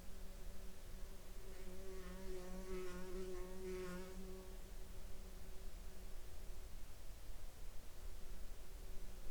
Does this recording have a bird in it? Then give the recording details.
no. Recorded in the Arctic National Wildlife Refuge, Alaska, on 16 July 2021 at 06:43. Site 41